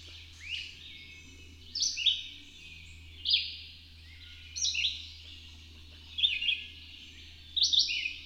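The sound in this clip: Bird song of brisk high phrases with sliding notes, each burst separated by a pause of about one to one and a half seconds, over a quiet low drone.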